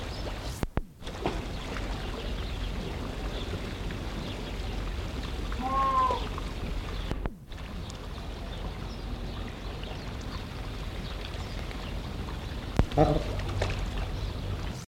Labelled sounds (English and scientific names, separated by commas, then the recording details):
Southern Rockhopper Penguin (Eudyptes chrysocome) call
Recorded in captivity
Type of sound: call
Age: adult
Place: Zoo Leipzig, Sachsen, DE
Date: 1975-04-10 14:30
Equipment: Uher CR 210, Sennheiser MD 421, Verstärker, Kopie Uher 4200
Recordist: Tembrock, Günter
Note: Laute im Schwimmen, dabei Schnabelhacken nach einem benachbarten Tier (Abstand ca. 8 m), dazwischen: Langlaut - Brillenpinguin